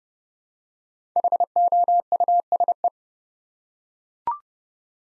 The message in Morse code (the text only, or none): HOUSE